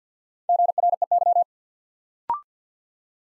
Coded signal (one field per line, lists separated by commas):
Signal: Morse code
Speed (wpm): 49 wpm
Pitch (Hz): 700 Hz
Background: none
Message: GREY